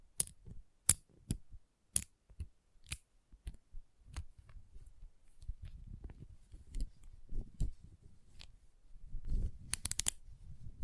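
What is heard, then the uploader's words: Magnetic tingles: sharp, bright clicks and snaps, several in the first four seconds, then sparser. Softer low rustling and thumping fills the middle, and a dense cluster of crisp clicks returns around nine to ten seconds. ASMR Intense Magnetic Tingles (No Talking).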